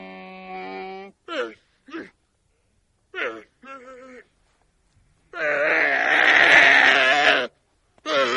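Dromedary calls: a steady droning moan, several short grunts, then a long, loud, rough roaring bellow and another burst at the end.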